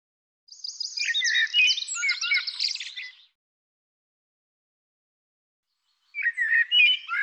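Bird song opening with a rapid, high stuttering trill of about three seconds, then silence, then a lower warbled phrase of chirps.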